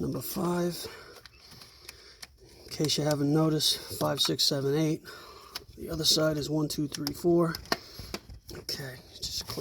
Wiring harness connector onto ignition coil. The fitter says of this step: then you have all yeah yeah ignition coils in your harness just clicked in alright